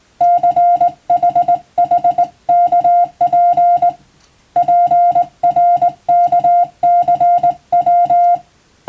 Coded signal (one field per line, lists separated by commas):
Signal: Morse code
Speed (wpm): 19 wpm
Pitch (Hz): 700 Hz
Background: music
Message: CHHKP PRKCW